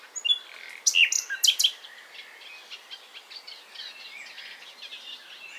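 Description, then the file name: Common nightingale song: a short, strong phrase of sharp clicking and whistled notes, followed by faint chatter in the background. "Luscinia megarhynchos"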